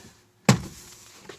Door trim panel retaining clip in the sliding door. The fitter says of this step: pull it slightly away it'll pop then